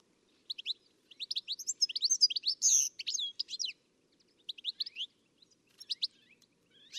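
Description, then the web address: Bird giving paired and grouped high chirps, building into a quick busy phrase, then sparser single notes. "Deverinetal. Bird Only"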